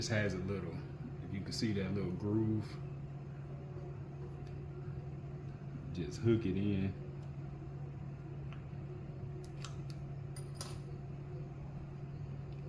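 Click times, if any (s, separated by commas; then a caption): 10.6 s. Someone talks while hooking the spring clip that holds the motor brush into its groove in the motor housing of an Andis rotary hair clipper, then pulling it down with a little pressure. A few faint ticks lead up to a sharp click at 10.6 s as the clip seats into place, over a steady low hum.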